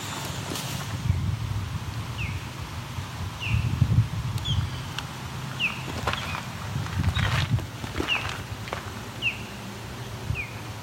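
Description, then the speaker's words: Osprey giving several clear downslurred whistles, with footsteps and low rustling underneath. Osprey began giving proper osprey calls as the recordist was about to leave; Claude Dubrick Trailway, Kaufman Flats, Grand River Trail, Waterloo, Ontario. "Of course, just as I go to leave, Osprey starts vocalizing proper Osprey calls."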